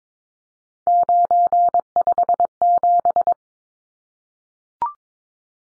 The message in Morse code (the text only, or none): 957